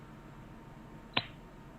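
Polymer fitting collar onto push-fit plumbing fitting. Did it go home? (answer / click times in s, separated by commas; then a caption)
yes / 1.2 s. A polymer collar on a push-to-connect plumbing fitting for PEX tubing is pressed back on and clicks into place. A single sharp click sounds at 1.2 s over a low steady background. The collar is seated.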